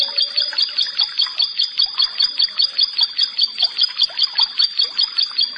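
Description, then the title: Bar-winged prinia singing, bright high chirps repeated at an even pace, roughly two or three per second, throughout. "Ciblek Sawah"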